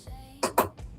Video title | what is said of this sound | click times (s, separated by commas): Live mini ! | Great. See, you heard that snapping in. That's just fantastic. | 0.4 s, 0.6 s